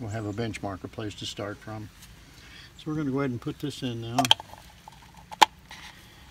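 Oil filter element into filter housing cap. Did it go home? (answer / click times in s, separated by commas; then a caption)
yes / 5.4 s. Someone talks while a new paper oil filter element is pushed into the plastic filter housing cap on the diesel engine of a Mercedes Sprinter van. It snaps into place with one sharp, loud click at 5.4 s, and the element is seated.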